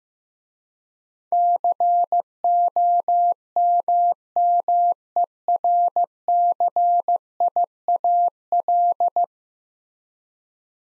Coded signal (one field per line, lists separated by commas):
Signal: Morse code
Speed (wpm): 15 wpm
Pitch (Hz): 700 Hz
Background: none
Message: COMMERCIAL